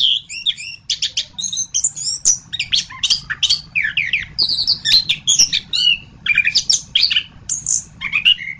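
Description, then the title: Thrush singing rapid varied phrases, whistled slurs alternating with short clipped notes in a continuous outpouring. "Suara Burung Anis"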